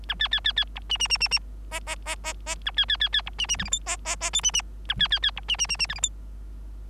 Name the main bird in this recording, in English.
Bengalese Finch